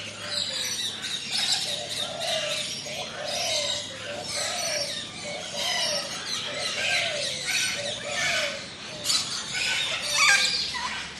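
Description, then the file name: Parrots and parakeets calling nonstop: raspy squawks, bright chirps and repeated lower wavering notes blend into a busy chorus over a faint engine hum. Ambience in a large tropical aviary with parrots, parakeets and other birds; lawn mower in the distance. "zapsplat animals birds tropical large avery amb parrots parakeets"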